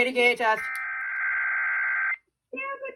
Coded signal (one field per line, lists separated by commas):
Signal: Emergency Alert System (SAME) tones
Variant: header bursts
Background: speech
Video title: (ARCHIVED) KDKA SAYS THE N WORD CONFIRMED?!?! (EAS #113-114)